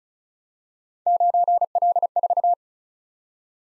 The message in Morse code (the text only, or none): 9L4